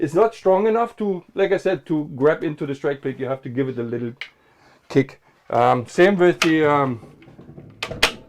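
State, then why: Seated. A pull-out pantry in a truck habitat is pushed closed; it won't latch on its own and needs a final push to catch into its catch in the cabinet. Someone talks, then the latch clicks shut at 7.8 s and 8.0 s.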